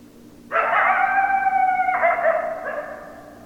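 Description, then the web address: Coyote howling, a sustained harmonic wail starting abruptly, holding steady then breaking into a rougher, wavering tone near the end, with a low steady hum beneath. Recorded 10 December 2012; several coyotes. "sounds mammals Coyote 2012 12 10 Coyotes"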